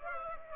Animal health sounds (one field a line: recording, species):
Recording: mosquito wingbeat signal from an infrared sensor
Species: Aedes aegypti